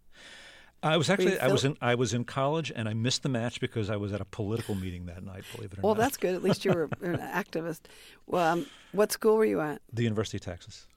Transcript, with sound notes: I was actually, I was in college and I missed the match because I was at a political meeting that night, believe it or not (laughter).
Well, that's good. At least you were an activist. What school were you at?
The University of Texas.